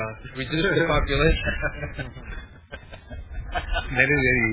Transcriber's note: laughter